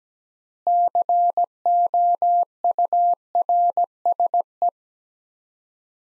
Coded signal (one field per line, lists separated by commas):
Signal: Morse code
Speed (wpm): 17 wpm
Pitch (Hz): 700 Hz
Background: none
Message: COURSE